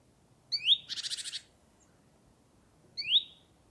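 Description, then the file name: Great tit call: a sharp upslurred whistle, then a scratchy buzzing chatter, and a second whistle a couple of seconds later. "Parus major"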